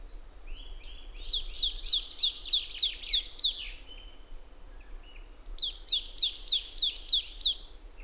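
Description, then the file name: Marsh tit: two quick bursts of several sharp, high, downslurred notes, separated by a pause, over a faint low hum. "Poecile palustris"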